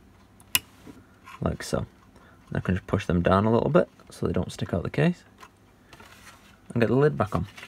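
A small SATA data cable connector, with its latch clip at the top, is pushed into the socket of a hard drive in an Annke 8 Channel H.265+ Soter Series CCTV DVR, model DW81KD. One sharp, loud click at 0.6 s shows it has seated, and someone talks before and after.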